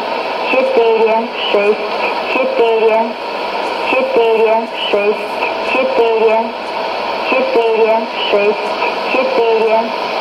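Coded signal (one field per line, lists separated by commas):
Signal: numbers station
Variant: S06s, Russian female voice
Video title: 02 08 2017 Numbers station S06s Russian Lady in Russian to Eu 0834 on 11565 unknown tx site in CUSB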